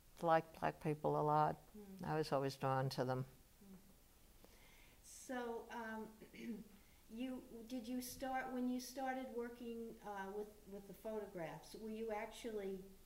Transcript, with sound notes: liked black people a lot. I was always drawn to them. [clears throat]
you — did you start — when you started working with — with photographs, were you actually